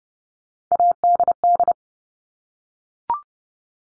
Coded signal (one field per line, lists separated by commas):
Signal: Morse code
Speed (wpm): 30 wpm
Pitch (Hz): 700 Hz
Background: none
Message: ADD